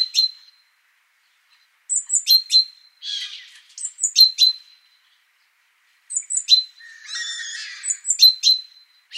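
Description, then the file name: Great tit calls: high thin notes stepping down into clear piping notes, mixed with harsh buzzy churring rattles, in bursts separated by short silences. "Parus major"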